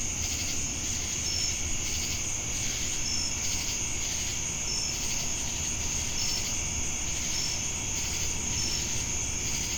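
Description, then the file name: Crickets trilling nonstop at a high pitch, brief tonal chirps dotted at intervals, with rhythmic waves of buzzy insect sound and a low noisy rumble. Recorded with cicadas in Jamestown, North Carolina, on 10 August 2018. "Crickets And Sacadas Jamestown NC August-10-2018"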